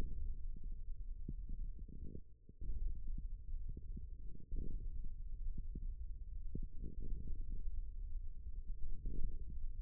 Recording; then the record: forearm muscle sounds (acoustic myography)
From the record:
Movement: hand opening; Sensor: system 1, eight BSWA MPA416 microphones around the upper forearm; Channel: 7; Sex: male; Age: 41 years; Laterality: right